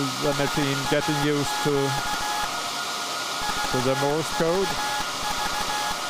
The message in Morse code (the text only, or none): SAQ VVV